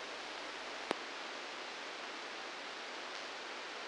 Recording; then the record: brain microelectrode recording played as sound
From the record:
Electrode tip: inside the subthalamic nucleus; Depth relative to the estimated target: 0 mm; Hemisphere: left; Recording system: NeuroSet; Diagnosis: Parkinson's disease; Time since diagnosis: 10 years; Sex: male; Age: 63 years